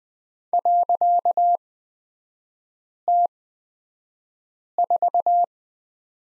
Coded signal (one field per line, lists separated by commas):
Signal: Morse code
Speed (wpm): 20 wpm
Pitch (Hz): 700 Hz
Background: none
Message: .T4